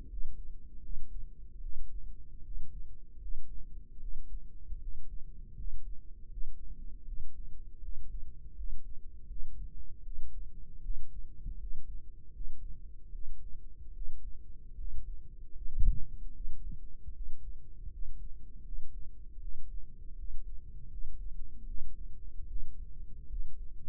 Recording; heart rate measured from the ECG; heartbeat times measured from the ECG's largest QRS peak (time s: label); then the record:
heart sounds by microphone in the right ear; 78 bpm
0.07 s: heartbeat
0.80 s: heartbeat
1.60 s: heartbeat
2.42 s: heartbeat
3.19 s: heartbeat
3.99 s: heartbeat
4.78 s: heartbeat
5.55 s: heartbeat
6.28 s: heartbeat
7.04 s: heartbeat
7.80 s: heartbeat
8.54 s: heartbeat
9.27 s: heartbeat
10.03 s: heartbeat
10.81 s: heartbeat
11.57 s: heartbeat
12.31 s: heartbeat
13.11 s: heartbeat
13.92 s: heartbeat
14.75 s: heartbeat
15.52 s: heartbeat
16.32 s: heartbeat
17.12 s: heartbeat
17.89 s: heartbeat
18.63 s: heartbeat
19.39 s: heartbeat
20.15 s: heartbeat
20.88 s: heartbeat
21.65 s: heartbeat
22.47 s: heartbeat
23.27 s: heartbeat
From the record:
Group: healthy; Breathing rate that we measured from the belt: 21 breaths a minute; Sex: female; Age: 22 years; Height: 163 cm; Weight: 67.1 kg